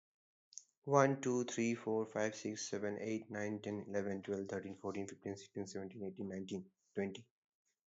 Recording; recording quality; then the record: counting at a normal pace; poor, much background noise or distortion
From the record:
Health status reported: healthy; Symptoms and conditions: none ticked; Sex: male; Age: 33 years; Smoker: yes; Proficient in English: yes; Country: India